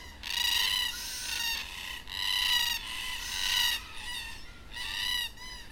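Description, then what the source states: A black cockatoo gives long, harsh, quavering wails, several drawn-out notes in a row. Black cockatoos at dusk in Perth.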